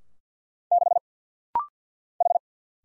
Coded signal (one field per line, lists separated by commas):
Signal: Morse code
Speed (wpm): 50 wpm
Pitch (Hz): 700 Hz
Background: none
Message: 6 H